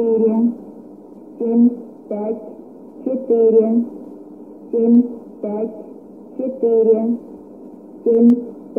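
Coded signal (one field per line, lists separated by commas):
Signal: numbers station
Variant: S06s Russian Lady, Russian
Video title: 09 01 2018 Numbers station S06s Russian Lady in Russian to Eu 1110 on 5975 unknown tx site in CUSB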